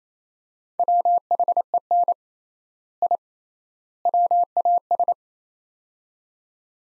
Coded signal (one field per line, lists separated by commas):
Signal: Morse code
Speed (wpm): 28 wpm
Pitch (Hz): 700 Hz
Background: none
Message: WHEN I WAS